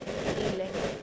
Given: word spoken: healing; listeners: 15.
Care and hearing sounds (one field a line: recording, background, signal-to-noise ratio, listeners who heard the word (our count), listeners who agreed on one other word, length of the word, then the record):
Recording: one English word in noise, from a listening test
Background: noise modulated by three-talker babble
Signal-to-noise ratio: -4.8 dB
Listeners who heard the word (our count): 2 of 15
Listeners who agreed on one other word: 11 of 15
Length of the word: 0.63 s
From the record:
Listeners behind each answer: 11, 2, 1, 1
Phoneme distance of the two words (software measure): 10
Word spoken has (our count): 2 syllables, 5 phonemes, stress on syllable 1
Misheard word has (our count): 2 syllables, 5 phonemes, stress on syllable 1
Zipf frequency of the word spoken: 3.77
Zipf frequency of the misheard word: 5.28